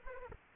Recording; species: mosquito wingbeat signal from an infrared sensor; Aedes aegypti